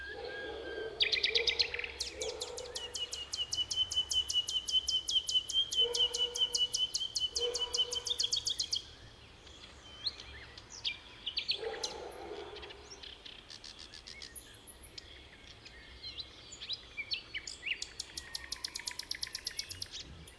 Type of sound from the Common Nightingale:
song